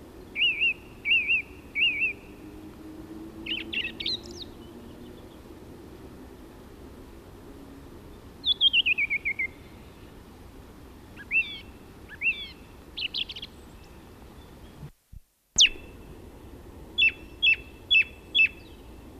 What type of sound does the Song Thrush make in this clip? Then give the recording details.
song. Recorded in the wild. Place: Garmisch-Partenkirchen, Bayern, DE. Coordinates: 47.5067, 11.085. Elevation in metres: 710. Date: 1969-04-05. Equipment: Nagra. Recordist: Tretzel, Erwin. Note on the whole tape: Oberhalb Sonnenbichl, Garmisch-Partenkirchen: Gesang